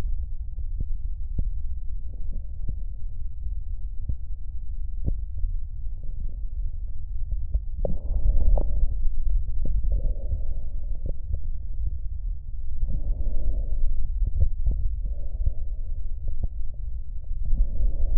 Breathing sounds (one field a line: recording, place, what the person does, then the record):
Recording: lung sounds by stethoscope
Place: right posterior basal chest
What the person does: quiet breathing, then deep breathing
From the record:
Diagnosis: COPD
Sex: male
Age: 81 years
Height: 166 cm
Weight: 98.7 kg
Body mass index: 35.8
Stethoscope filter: extended mode